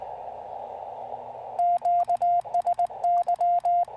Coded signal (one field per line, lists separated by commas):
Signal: Morse code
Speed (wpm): 19 wpm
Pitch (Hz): 700 Hz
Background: radio noise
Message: QSY